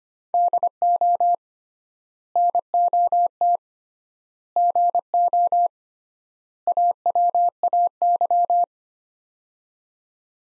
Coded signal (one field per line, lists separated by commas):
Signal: Morse code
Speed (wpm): 25 wpm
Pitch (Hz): 700 Hz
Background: none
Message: DO NOT GO AWAY